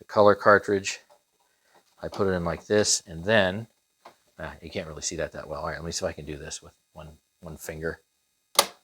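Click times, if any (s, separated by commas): 8.6 s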